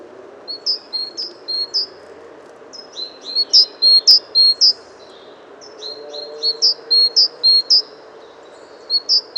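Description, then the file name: Great tit: rapid strings of high, clipped, down-sweeping notes, three runs of several notes each with brief pauses, steady low noise behind. "Parus major"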